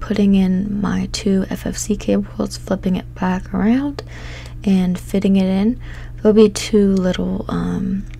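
Someone talks while connecting two FFC ribbon cables to a replacement plastic printhead, flipping it back around and fitting it down toward two small upstanding posts in the printer carriage. Only speech is heard, with a steady low hum underneath; nothing has seated or clicked yet.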